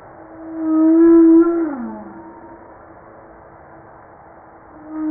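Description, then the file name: Humpback whale song: one long tonal moan with rich harmonics, held steady, then sliding downward before fading; another moan begins at the very end. Recorded 5 March 1994. "Baleine a bosse 940305"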